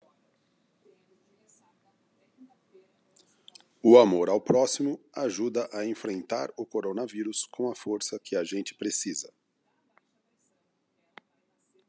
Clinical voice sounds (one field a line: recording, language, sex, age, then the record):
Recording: spoken sentence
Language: Brazilian Portuguese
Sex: male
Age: 50 to 59 years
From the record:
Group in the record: control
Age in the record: 50 years